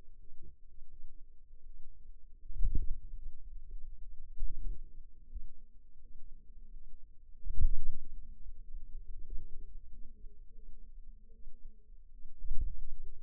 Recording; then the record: forearm muscle sounds (acoustic myography)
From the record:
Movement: ulnar deviation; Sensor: system 2, bracelet of six BSWA MPA416 microphones around the upper forearm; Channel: 6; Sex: female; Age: 23 years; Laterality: right